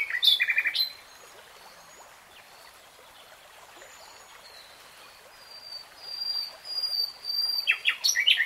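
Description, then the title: Nightingale song: a loud rattling phrase at the start, a long quieter stretch of thin high whistles, then louder notes and another burst, over a soft rushing background. Nightingale singing in real time. "[Tiếng chim hót] 3 Hours REALTIME Nightingale Singing"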